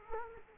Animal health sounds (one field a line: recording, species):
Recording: mosquito wingbeat signal from an infrared sensor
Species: Culex quinquefasciatus